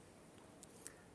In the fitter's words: take note as the locator clicks into place to indicate that you have captured the perm